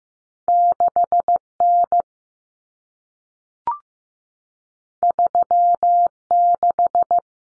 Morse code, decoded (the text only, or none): 6N 36